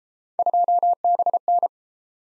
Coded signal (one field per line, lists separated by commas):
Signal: Morse code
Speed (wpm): 35 wpm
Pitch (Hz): 700 Hz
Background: none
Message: 2BN